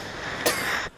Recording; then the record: coughing mixed with background sound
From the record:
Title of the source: 34 coughing up crap again